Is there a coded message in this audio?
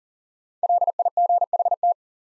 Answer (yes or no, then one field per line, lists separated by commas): yes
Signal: Morse code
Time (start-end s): 0.6-1.9 s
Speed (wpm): 40 wpm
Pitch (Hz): 700 Hz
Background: none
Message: LIGHT